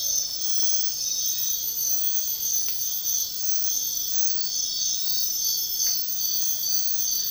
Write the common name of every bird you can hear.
none